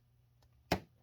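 A plastic repair-kit bushing, started with a screwdriver, is pushed straight down into the plastic shift control housing of a 2007 Chevy HHR LS 5-speed manual shifter. After a faint tick near 0.4 s and a low steady hum, a single sharp, bright click sounds at 0.7 s as the bushing seats positively in the housing.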